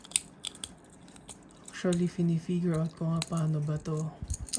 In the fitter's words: Tama ba? Nakalock na ba yan? Nakalock na yata yan.